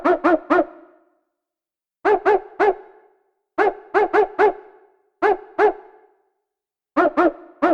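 Dog barking in quick bursts of two to four sharp, rich barks, each burst followed by a pause of about a second or more, repeated steadily with no other sounds.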